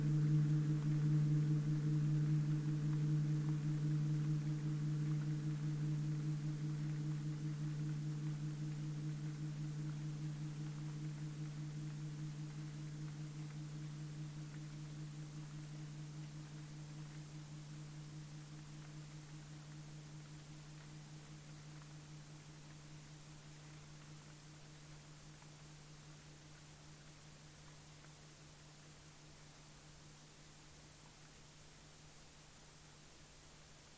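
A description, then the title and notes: A low, droning feedback tone with a few stacked overtones slowly fades across the whole stretch, softly filtered over a faint steady hiss. Hiss. Cheap feed back and gentle filtration; rain.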